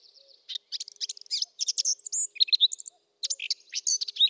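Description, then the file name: Eurasian blackcap giving a fast, scratchy warble of varied chirps and squeaky notes in short bursts, with a brief pause after about three seconds. "Sylvia atricapilla"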